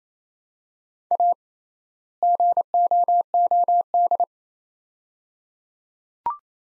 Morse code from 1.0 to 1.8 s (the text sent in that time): A